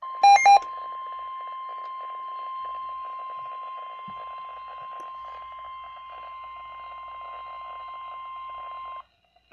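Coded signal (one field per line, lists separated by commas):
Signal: Emergency Alert System (SAME) tones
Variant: 1050 Hz attention tone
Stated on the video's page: Severe thunderstorm warning received on NOAA weather radio station.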